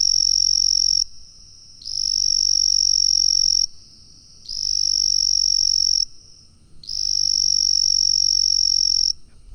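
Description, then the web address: Frog calling in sustained high-pitched trills, four long bursts each lasting about one to two and a half seconds with short gaps between them, over a faint low rumble. "Frogs World"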